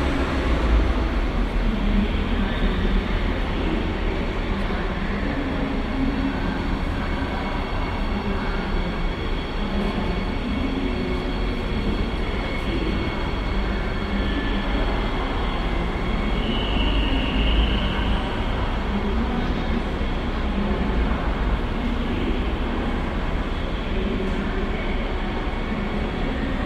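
At Cologne Central Station, a steady dense rumble of trains and rail cars fills the air, with a brief high squeal around seventeen seconds.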